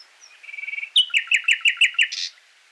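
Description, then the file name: Common nightingale song: a short even trill followed by seven loud, evenly spaced chopped notes and a closing buzzy burst. "Luscinia megarhynchos"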